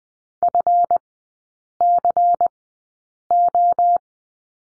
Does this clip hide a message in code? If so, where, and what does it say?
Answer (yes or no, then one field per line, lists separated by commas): yes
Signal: Morse code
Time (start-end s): 0.4-4.0 s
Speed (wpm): 20 wpm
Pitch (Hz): 700 Hz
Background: none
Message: FCO